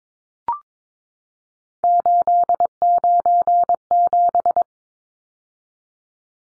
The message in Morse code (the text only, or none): 897